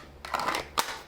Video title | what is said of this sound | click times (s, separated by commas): Gun holsters--Kydex vs Leather??!! -- Which do you use for your gun? | i'm in i'm clicked you know same with my | 0.8 s